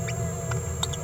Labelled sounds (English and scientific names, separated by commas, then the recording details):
Green-rumped Parrotlet (Forpus passerinus) babbling
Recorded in a nest box in Venezuela
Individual 18B17A4